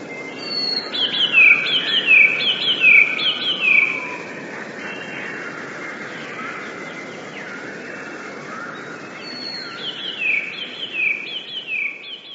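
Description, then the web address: Eurasian blue tit song: a thin high note, then descending slurred notes repeated at a brisk, regular pace, in two bouts with a quieter pause between, over steady background hiss. "wroblowe teka 2 spiew 13. wroblowe teka modraszkoteka"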